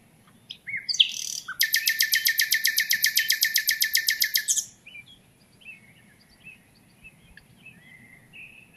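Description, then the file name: Common nightingale song: a few introductory notes, then a long, steady, rapidly repeated trill lasting about three seconds, followed by soft scattered notes. "Luscinia megarhynchos"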